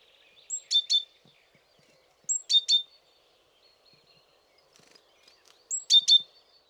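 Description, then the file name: Great tit calling: high, sharp chirp clusters, three bursts in all, in an otherwise quiet setting. "Parus major"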